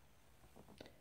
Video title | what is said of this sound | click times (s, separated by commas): How to open and close a ball chain | And then pull it down to make sure it snaps into place and becomes straight like that. | 0.8 s